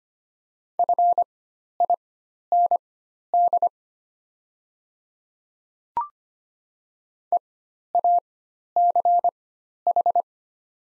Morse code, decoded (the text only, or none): FIND EACH